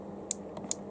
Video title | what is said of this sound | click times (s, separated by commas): Campark T90 4k Trail Camera how to set it up help video 7feb22 Cambs UK | You hear that click? That sounds like it's gone in okay and it's locked in place. | 0.3 s